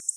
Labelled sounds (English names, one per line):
Black-throated Blue Warbler flight call